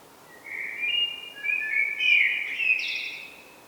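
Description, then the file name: Common blackbird song: a mellow fluted warble near the middle register, sliding through several notes before ending in a thin, squeaky high twitter. "Turdus merula"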